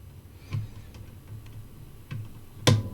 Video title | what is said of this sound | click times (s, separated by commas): Cryorig C5 & C5 CU | Once I hear a click, one turn. That's it. | 2.7 s